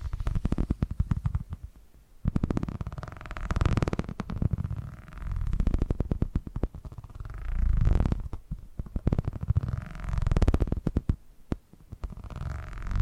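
Purring sounds rise and fall in slow, rumbling waves, each swell lasting a couple of seconds with brief dips between them. Rapid clicking and fluttering runs through the low rumble, and short crackly taps break in around two and eleven seconds.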